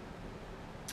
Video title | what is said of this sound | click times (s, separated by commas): Fitbit Charge HR review | and for me like I feel like I'm breaking it every time so it like it has it snaps into place um | 0.9 s